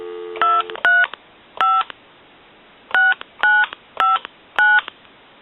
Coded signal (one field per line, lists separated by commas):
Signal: DTMF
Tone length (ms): 200 ms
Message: 235 6959